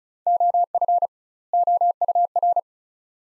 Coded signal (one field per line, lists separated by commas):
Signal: Morse code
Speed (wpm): 36 wpm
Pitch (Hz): 700 Hz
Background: none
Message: OF OUR